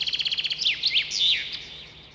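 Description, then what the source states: Common chaffinch song: a rapid series of repeated high chips followed by several swooping whistled notes and a descending terminal flourish, fading out after. Loud, unusual song; chaffinch lives in groves, parks and coniferous and deciduous forests, avoiding swamps and damp places; builds a cup-shaped nest of twigs and grass.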